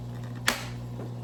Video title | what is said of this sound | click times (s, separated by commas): TETRA LED LIGHT & HOOD REVIEW! amazon purchase! | Well, that snapped right into place. | 0.5 s